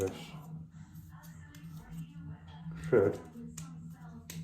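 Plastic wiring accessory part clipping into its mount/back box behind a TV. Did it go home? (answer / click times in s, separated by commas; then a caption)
yes / 3.6 s, 4.3 s. An electrician pushes a plastic Knightsbridge wiring accessory part into its mount or back box behind a TV while someone talks. Two sharp snap-like clicks are heard at 3.6 and 4.3 seconds, and the part is seated and clipped into place.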